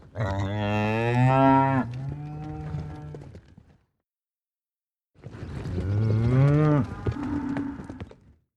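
Cow giving two long, deep, hoarse moos, each lasting around three seconds, with a pause of about a second and a half between them.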